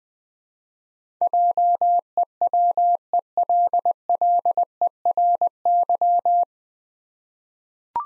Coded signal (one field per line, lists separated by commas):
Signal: Morse code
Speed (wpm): 20 wpm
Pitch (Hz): 700 Hz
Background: none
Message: JEWELLERY